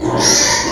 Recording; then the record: squeal of a Yucatan mini pig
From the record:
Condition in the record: before surgery on the right vocal fold (resection and tissue-engineered implant); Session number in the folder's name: 1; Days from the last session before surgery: -3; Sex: male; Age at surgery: 12 weeks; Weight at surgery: 13 kg